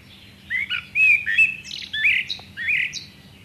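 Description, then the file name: Common blackbird song phrase: mellow warbled whistles rising and falling, followed by several squeaky, high-pitched flourishes. "Turdus merula"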